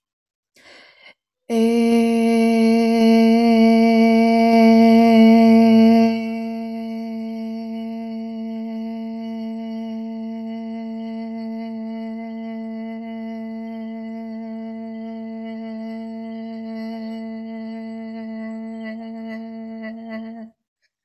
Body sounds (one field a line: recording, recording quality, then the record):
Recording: sustained vowel as in made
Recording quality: excellent, no background noise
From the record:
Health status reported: healthy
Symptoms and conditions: none ticked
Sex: female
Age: 28 years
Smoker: not ticked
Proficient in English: yes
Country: India